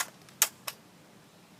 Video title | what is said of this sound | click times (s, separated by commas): Jacob the ghost: load out gear and kit pt2. 25LB sniper | that's the first cck I've heard ever since I got it | 0.4 s